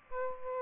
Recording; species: mosquito wingbeat signal from an infrared sensor; Aedes aegypti